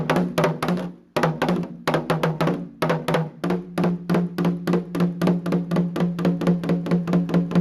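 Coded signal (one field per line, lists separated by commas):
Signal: talking drum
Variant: Akan atumpan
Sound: rapid steady drum strokes, low resonant pitch, short pause near one second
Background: small room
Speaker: So this is a video of a drama conveying information using the drums. So people that understand drum language, or the people who are part of a community, would understand what the drama is trying to put across.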